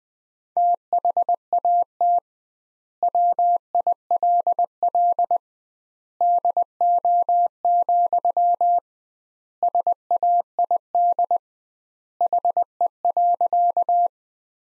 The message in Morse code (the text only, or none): THAT WILL DO, SAID HE.